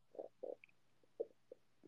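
About six short, irregular gurgling bursts over two seconds, low-pitched and bubbly, over a faint steady hum. This is an adult's ordinary stomach rumbling (borborygmi): gas and fluid moving through the gut, a normal digestive sound, heard after eating.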